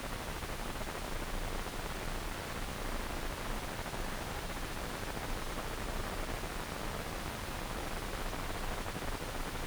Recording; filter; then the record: brain microelectrode recording played as sound; wide band, above 20 Hz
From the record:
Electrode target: subthalamic nucleus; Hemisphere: left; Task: reaching with the right hand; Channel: 1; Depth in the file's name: 1.267 mm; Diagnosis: Parkinson's disease